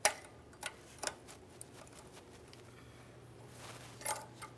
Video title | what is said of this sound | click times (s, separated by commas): How to Replace Fuel Filter 2003-2011 Mercury Grand Marquis | we'll slide this in once again listening for a click and making sure that it's secure once | 0.1 s